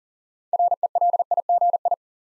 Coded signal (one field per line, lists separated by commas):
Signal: Morse code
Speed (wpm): 41 wpm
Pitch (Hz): 700 Hz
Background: none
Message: RELIGI